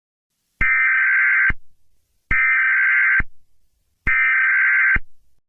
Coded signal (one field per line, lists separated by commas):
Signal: Emergency Alert System (SAME) tones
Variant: header bursts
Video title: Frosty the Snowman.exe | A Christmas EAS Scenario